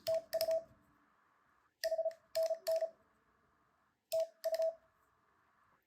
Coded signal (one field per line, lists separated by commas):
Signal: Morse code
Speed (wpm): 36 wpm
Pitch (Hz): 650 Hz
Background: none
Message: TU HNN TU